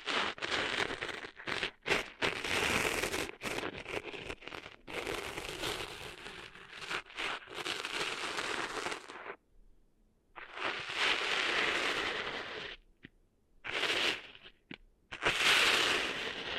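Scratchy, crackling rustles from cleaning sand out of an ear come in dense bursts, busy and bright for the first nine seconds with quick stops in between. After a silent gap around ten seconds, shorter scraping bursts return, separated by brief pauses.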